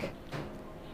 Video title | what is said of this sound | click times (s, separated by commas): Garage Door Opener IQ Series Installation - Skylink | insert the trolley guides into the chain traveler until you hear a click this will completely seat the traveler into the trolley | 0.0 s